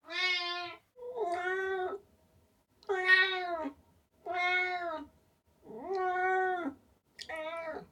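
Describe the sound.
Cat meowing six times, drawn-out rich nasal meows about a second long with short pauses, some rising then falling, in quiet surroundings.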